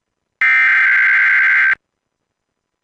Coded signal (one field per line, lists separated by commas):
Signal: Emergency Alert System (SAME) tones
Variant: header bursts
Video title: Tornado Warning issued by civil authorities? (EAS 177)